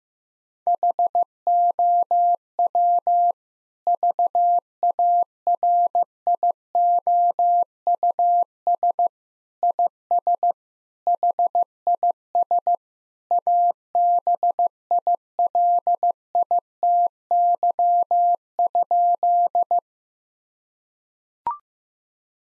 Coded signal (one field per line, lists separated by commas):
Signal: Morse code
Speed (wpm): 15 wpm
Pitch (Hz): 700 Hz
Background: none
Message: HOW VARIOUS IS HIS ABILITY?